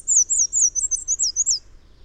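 Bird song: a short burst of about eight very high, wavy whistled notes in quick succession, then quiet.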